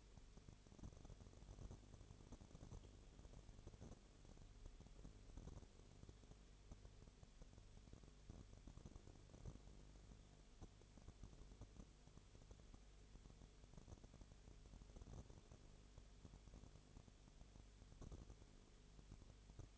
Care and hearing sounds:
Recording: daily activity, microphone in the room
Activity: no activity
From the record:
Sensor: 4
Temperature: 22.0 degrees Celsius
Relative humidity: 29.5%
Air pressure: 1002.1 hPa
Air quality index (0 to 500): 59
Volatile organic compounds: 1 ppm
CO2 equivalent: 609 ppm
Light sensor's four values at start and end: 2/3/1/1 and 2/3/1/1

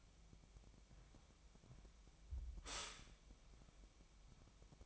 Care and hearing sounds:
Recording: daily activity, microphone in the room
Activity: stop toaster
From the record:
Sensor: 1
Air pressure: 1002.0 hPa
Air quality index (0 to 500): 239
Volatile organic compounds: 43 ppm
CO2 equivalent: 3203 ppm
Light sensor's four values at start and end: 10/35/13/14 and 10/35/13/14

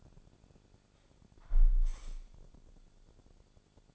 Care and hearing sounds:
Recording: daily activity, microphone in the room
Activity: close window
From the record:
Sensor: 5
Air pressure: 1000.5 hPa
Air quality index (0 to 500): 153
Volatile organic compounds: 2 ppm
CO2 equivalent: 1172 ppm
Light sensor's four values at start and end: 39/92/38/41 and 39/92/38/41

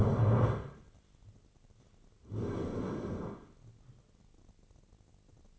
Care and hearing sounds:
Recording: daily activity, microphone in the room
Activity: stand up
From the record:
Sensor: 4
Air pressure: 1010.1 hPa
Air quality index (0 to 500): 182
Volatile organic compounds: 2 ppm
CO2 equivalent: 1316 ppm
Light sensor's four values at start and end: 39/96/40/43 and 39/95/39/42

